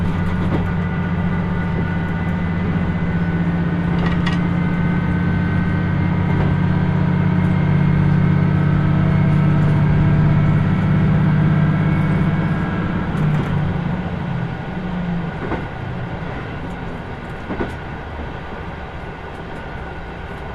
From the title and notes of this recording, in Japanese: 豊肥本線 九州横断特急3号 熊本→立野。列車はキハ185系の2両編成、しかもワンマン運転です。自由席と指定席が1両ずつ、自分は指定席のほうに座ります。